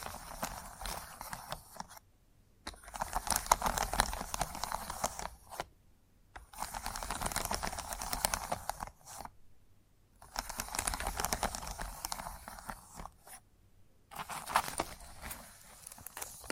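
Chalk scratches and taps against a board in bursts of a few seconds each, separated by short silent gaps near 2, 6, 9.5 and 13.5 seconds. Each stroke is a dense, gritty run of quick clicks and rasps, bright and scratchy with little low sound.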